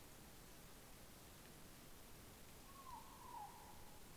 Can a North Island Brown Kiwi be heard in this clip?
no